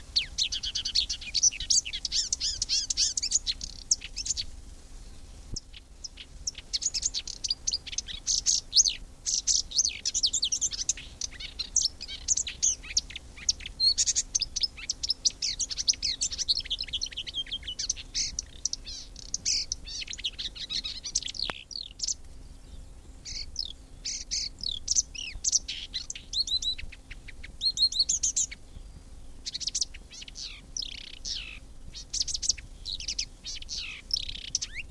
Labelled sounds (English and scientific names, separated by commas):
Marsh Warbler (Acrocephalus palustris)